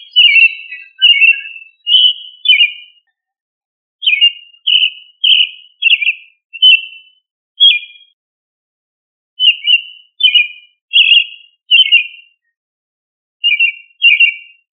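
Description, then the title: Thrush song: short clear whistled phrases, each slightly different, delivered in bursts with brief pauses; background otherwise silent. "Familia Turdidae - Sabia"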